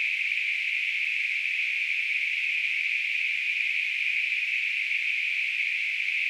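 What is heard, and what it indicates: A steady, unchanging high-pitched hiss, centered on a narrow band in the upper range, runs without breaks for about six seconds. This is a simulation of tinnitus, the ringing or hissing perceived in the ears without an outside sound.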